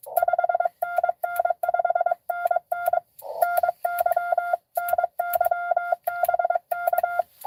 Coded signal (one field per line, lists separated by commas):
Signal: Morse code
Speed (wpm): 22 wpm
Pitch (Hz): 1400 Hz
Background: none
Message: 5NN 5NN NY NY BK